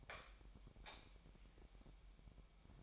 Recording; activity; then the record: daily activity, microphone in the room; light off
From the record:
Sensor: 1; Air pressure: 1012.0 hPa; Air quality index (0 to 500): 230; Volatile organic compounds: 5 ppm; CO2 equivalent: 1834 ppm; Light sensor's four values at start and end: 17/47/19/21 and 14/33/14/16